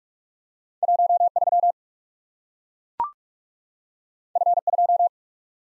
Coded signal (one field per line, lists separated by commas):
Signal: Morse code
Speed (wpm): 44 wpm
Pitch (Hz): 700 Hz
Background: none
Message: 1 3 F 2